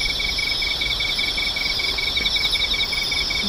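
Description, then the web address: Insects calling together: rapid, evenly spaced pulsed chirps over a dense high shimmering trill. "cats nishikawa 201110 mushinokoi"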